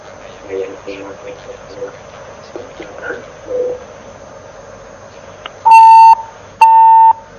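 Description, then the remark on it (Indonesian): Two long, steady electronic telephone beeps, each about half a second, sound one after the other at a mid-high pitch, a phone call-in line to a radio and TV Roja program ringing without connecting, following a stretch of low background murmur. “Belum tersambung, kami undang kembali.”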